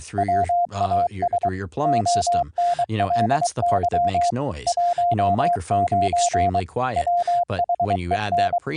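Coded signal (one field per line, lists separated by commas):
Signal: Morse code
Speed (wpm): 23 wpm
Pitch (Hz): 700 Hz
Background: speech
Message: WAS ONLY 19 WHEN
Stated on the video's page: CW sent over a VLF 12 kHz AM-modulated transmitter and receiver, routed over IP with a modified Python script; live demo.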